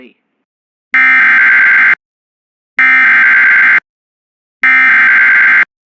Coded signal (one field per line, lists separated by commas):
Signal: Emergency Alert System (SAME) tones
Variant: header bursts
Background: speech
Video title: EAS #254 Severe Thunderstorm Warning On WJON-IP